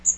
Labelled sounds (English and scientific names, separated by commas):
Magnolia Warbler (Setophaga magnolia) flight call